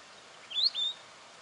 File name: canto do gerigono de bico curto